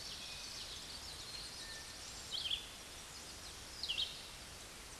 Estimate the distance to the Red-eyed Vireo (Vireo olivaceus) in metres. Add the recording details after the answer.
about 35 m. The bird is about 25 m above the microphone. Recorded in a Pennsylvania forest on 16 May 2024 at 08:29. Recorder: AudioMoth, point MSD-2258. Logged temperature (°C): 15.2 °C. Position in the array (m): 176 m, 73 m